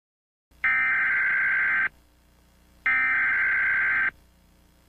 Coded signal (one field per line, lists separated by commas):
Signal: Emergency Alert System (SAME) tones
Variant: header bursts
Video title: EAS Scenario: The Powerpuff Girls